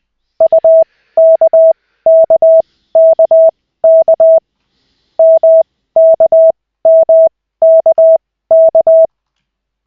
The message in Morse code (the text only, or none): UKKKK MKMKK